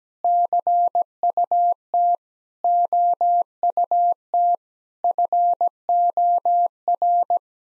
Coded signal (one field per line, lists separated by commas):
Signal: Morse code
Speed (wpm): 17 wpm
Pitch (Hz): 700 Hz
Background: none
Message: CUT OUT FOR